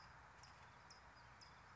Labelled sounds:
California Towhee (Melozone crissalis)
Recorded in Sonoma County, California

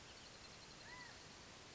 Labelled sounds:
California Quail (Callipepla californica)
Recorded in Sonoma County, California

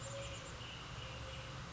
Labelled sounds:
Mourning Dove (Zenaida macroura)
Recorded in Sonoma County, California

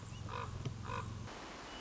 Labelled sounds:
Common Raven (Corvus corax)
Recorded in Sonoma County, California

